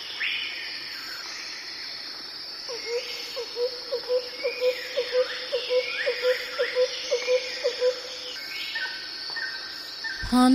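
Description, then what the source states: Birds in a dense chorus; a low repeated hoot starts after a few seconds and runs about twice a second before stopping, mixed with varied whistles and constant insect buzzing. Birds recorded in a jungle.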